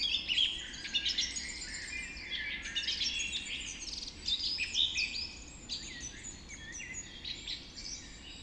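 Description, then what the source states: Dawn chorus of many birds, a continuous tangle of high chirps, warbles and trills throughout. Dawn chorus recorded just after dawn in the Forest of Dean.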